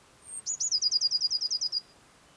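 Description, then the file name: Eurasian blue tit song, a single high thin note followed by a fast, regular trill of about a dozen notes. "Cyanistes caeruleus"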